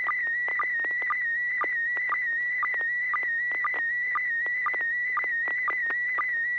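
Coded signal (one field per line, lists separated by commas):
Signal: SSTV (slow-scan television)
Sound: steady whistling tone near 2 kHz, interrupted by short lower chirps twice a second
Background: FM radio hiss, low hum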